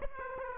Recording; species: mosquito wingbeat signal from an infrared sensor; Aedes aegypti